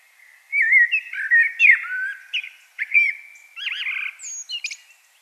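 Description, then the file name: Common blackbird song: one phrase of mellow, slurred fluting notes with looping whistles, finishing with sharp high squeaks. "Turdus merula"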